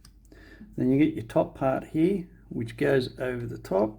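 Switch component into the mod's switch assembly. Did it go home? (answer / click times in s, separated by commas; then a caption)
yes / 0.1 s. The inner switch component of a Zero S40 mechanical vape mod by Zero Mods Australia, bent and wiggled into place, is pressed home into the mod's switch assembly, giving a short sharp click at 0.1 s. Someone then talks for the rest of the clip, and the switch part is seated.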